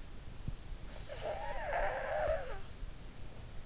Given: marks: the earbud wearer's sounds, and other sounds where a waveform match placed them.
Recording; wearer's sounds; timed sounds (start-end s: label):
sounds in sleep by an in-ear microphone; snoring breath
0.69-3.61 s: snoring breath